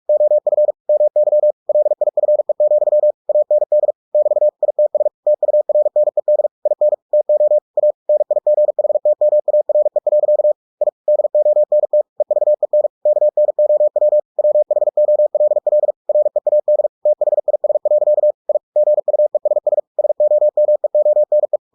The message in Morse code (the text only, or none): OF MY LIFE, AND <BT> ITS TURNED IN TO A NIGHTMARE. I DONT EVEN KNOW WHOLL READ THIS. I GUESS SOMEONE